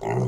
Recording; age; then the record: pig call; weaner (32 to 43 days)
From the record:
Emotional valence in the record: negative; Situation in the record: short isolation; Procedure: open field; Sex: female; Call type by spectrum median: low-frequency call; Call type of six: low-frequency modulated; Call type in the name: low-frequency modulated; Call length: 0.28 s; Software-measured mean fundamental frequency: 64 Hz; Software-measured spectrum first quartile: 138 Hz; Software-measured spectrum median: 329 Hz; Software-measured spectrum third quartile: 601 Hz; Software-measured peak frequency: 386 Hz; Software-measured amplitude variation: 96 dB a second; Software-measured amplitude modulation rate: 32.5 a second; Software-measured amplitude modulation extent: 3.0 dB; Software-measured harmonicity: -2.4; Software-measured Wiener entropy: -0.63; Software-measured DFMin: 763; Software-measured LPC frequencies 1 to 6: 375, 827, 1987, 2703, 4054, 5075 Hz